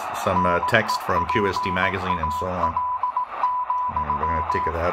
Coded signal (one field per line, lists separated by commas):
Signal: Morse code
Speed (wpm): 18 wpm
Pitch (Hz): 1000 Hz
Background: speech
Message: NEPAL,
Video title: Degen DE1103 Tuning 3000 - 4000 kHz Shortwave Utility broadcast and 80 meter band signals SSB AM